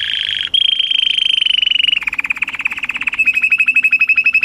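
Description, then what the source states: Canary song: a long high tremolo, then a lower rattling trill of rapid repeated notes, ending in a fast even series of sharp high chips. Orange canary; lure song meant to prompt a canary that has stopped singing to start again.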